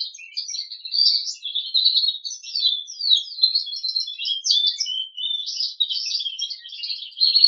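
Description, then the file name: Crested canary song, an unbroken stream of high twittering notes, quick slurred chirps and buzzy trills running throughout. "audio kenari jambul"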